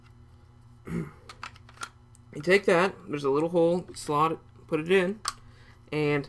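A small detached retaining part is handled at its slot on an IWI & Umerex hard kick CO2 airsoft Uzi, with several short handling taps and knocks between 1.3 and 2.2 seconds while someone talks. Nothing has seated or clicked into place yet; the part has not gone home.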